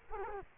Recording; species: mosquito wingbeat signal from an infrared sensor; Culex quinquefasciatus